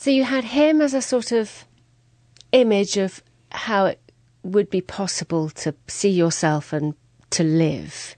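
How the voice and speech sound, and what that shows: A single adult woman asks a question in clear, fluent English at an even conversational pace, with a few natural pauses between phrases. Her voicing is smooth and steady, and articulation is normal. Typical speech; a faint low steady hum sits in the background.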